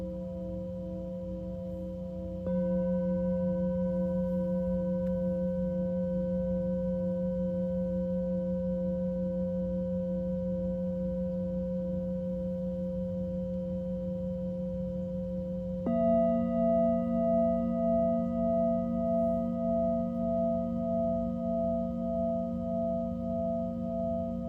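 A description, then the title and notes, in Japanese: Tibetan singing bowls ring with long, steady sustained tones. A hum plays softly at first; a bowl is struck at about 2 seconds, adding a louder, fuller layered ring, and another strike at about 16 seconds brings a brighter pulsing overtone that wavers gently until the end. チベタンシンギングボウルの子守唄。日本の真夜中に合わせていつもよりそっとそっと叩きました。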